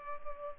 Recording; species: mosquito wingbeat signal from an infrared sensor; Culex pipiens